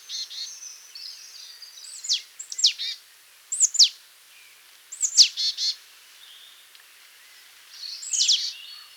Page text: Marsh Tit Calls. Quick Sounds